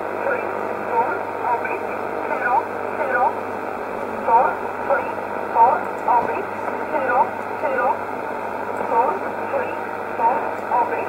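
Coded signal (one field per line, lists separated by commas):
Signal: numbers station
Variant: E11 Oblique, English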